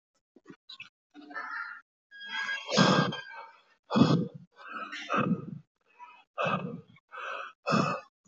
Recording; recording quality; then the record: shallow breathing; excellent, no background noise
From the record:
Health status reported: healthy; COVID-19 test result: not tested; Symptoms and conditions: none ticked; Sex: male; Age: 57 years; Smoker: not ticked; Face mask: not worn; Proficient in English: yes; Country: India